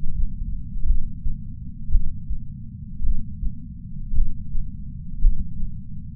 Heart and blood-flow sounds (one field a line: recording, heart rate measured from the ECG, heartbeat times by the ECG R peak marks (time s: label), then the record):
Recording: heart sounds by patch sensor on the chest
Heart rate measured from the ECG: 55 bpm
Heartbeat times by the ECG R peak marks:
0.84 s: heartbeat
1.89 s: heartbeat
3.00 s: heartbeat
4.12 s: heartbeat
5.19 s: heartbeat
From the record:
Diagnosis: coronary artery disease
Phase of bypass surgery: postoperative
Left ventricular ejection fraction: 51.3%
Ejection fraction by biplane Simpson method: 50.8%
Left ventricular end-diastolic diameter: 53 mm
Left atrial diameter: 44 mm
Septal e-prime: 5.6 cm/s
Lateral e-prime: 9.8 cm/s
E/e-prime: 14.5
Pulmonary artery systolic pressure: 20 mmHg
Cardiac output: 6.3 L/min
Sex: male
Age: 70 years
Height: 165 cm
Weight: 70 kg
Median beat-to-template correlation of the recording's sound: 0.86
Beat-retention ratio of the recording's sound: 1.00